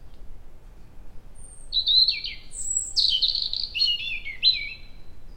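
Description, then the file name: European robin song: a thin high whistle, then a run of rapid, tumbling, trilling warbled phrases that rise and fall, over quiet steady background hiss. "Erithacus rubecula"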